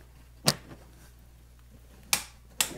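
A click-type torque wrench set to 528 in-lb (44 ft-lb) tightens a block heater plug into a Civic engine block after ratcheting. There is a sharp transient at 0.5 s, then two strong closing clicks at 2.1 s and 2.6 s as the wrench breaks at its setting, confirming the plug is torqued to spec.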